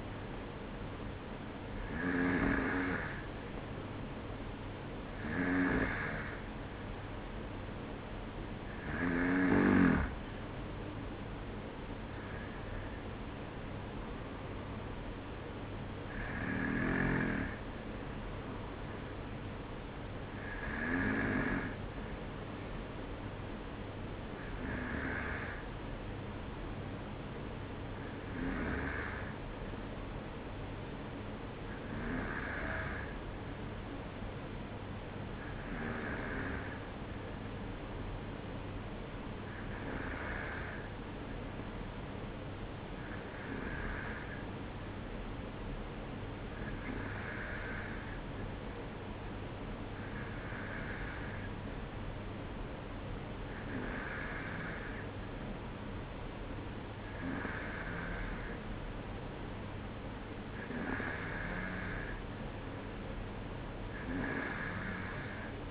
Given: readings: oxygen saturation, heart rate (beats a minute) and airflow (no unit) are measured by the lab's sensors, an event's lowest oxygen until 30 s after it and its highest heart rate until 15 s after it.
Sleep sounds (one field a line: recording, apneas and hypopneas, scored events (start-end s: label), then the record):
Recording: breathing in sleep by a voice recorder at the bedside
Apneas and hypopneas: none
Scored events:
16.00-46.00 s: new sleep stage, N1 (lightest sleep)
46.00-65.71 s: new sleep stage, N2 (light sleep)
From the record:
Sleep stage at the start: N2 (light sleep)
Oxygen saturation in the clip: 93 to 95%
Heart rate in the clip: 53 to 57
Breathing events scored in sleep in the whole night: 305 in 9.6 hours asleep